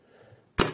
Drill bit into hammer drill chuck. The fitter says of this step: oturana kadar döndürüyorsun oturdu çıkarmak istediğinizde de bastınız çıktı